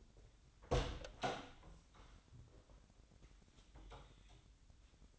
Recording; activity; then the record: daily activity, microphone in the room; open door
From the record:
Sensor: 3